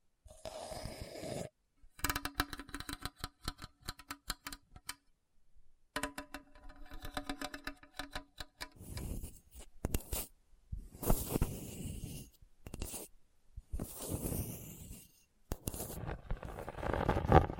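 Scratching on a hard, bumpy surface, in short bursts separated by silent gaps. The first half has rapid, regular ticking strokes with a steady ringing tone underneath; later passages turn into rougher, louder scrapes that swell and fade, the loudest one coming at the end.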